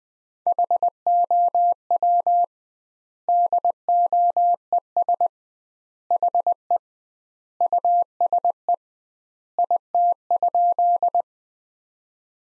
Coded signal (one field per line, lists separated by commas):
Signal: Morse code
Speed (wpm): 21 wpm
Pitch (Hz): 700 Hz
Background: none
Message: HOW DOES HE USE IT?